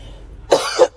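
A single short, harsh cough bursts out after a moment of quiet room tone. It lasts under half a second, with a sharp explosive start and a second push at the end. It is an ordinary isolated cough, with no wheeze or stridor.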